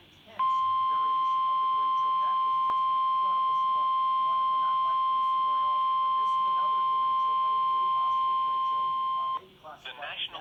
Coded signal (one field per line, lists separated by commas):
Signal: Emergency Alert System (SAME) tones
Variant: 1050 Hz attention tone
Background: speech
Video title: First EAS activation on my Baofeng